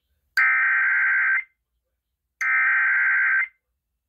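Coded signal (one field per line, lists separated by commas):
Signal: Emergency Alert System (SAME) tones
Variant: header bursts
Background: speech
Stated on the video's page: Real Severe Thunderstorm Warning EAS alert.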